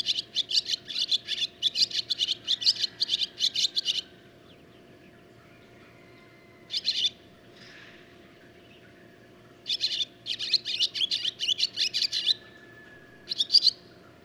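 Barn swallow song, a long run of quick high chattering notes, then silence, a short burst, and another extended twittering series ending in a final chirp.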